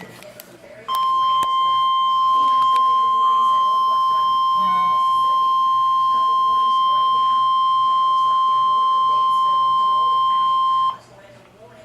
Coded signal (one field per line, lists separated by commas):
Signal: Emergency Alert System (SAME) tones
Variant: 1050 Hz attention tone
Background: speech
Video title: EAS Alert #327 (SVR)